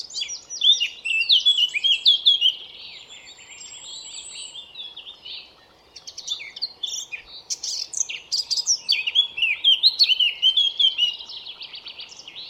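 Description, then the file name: Eurasian blackcap singing in bouts of fast, varied warbling notes, with a quiet gap midway before a second lively run of chirps. "Sylvia atricapilla"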